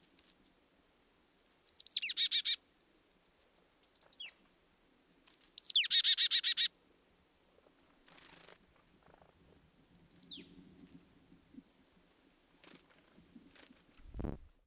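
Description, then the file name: Marsh tit call, twice: a sharp descending high note running into a burst of several buzzy, scolding notes, followed by softer scattered chips in a quiet background. "Poecile palustris"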